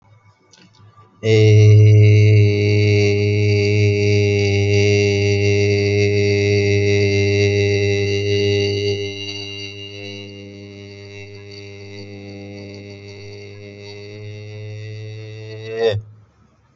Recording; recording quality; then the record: sustained vowel as in made; excellent, no background noise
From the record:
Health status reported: healthy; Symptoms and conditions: none ticked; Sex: male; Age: 26 years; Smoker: not ticked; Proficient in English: yes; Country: India